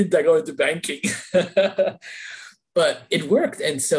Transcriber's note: laughs